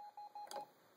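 A finger presses down on the colour tab of an ink cartridge in the cartridge bay of a Brother MFC-J825DW inkjet printer so the cartridge pops out. Three short steady tones near 800 Hz sound at about 0.0, 0.2 and 0.4 seconds, then a sharp click at 0.5 seconds. The latch releases and the cartridge almost ejects from the bay.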